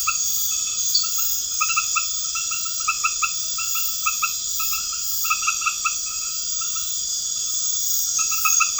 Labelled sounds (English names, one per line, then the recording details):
none
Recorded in pastures near Puerto Asís, Putumayo, Colombia, on 21 March 2025 at 21:00
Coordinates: 0.502, -76.324
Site GP07